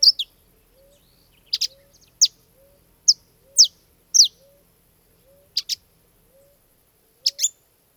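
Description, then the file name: Saffron finch giving clear high chirps, single and paired, spread irregularly throughout, while a quiet low rising note recurs steadily underneath. "canario da terra"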